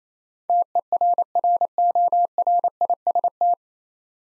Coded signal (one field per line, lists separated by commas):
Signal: Morse code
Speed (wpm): 28 wpm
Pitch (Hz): 700 Hz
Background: none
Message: TERRORIST